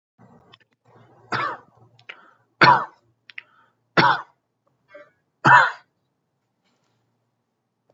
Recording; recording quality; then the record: shallow voluntary cough; excellent, no background noise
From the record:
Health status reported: healthy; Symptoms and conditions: none ticked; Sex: male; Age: 53 years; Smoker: not ticked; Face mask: not worn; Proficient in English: yes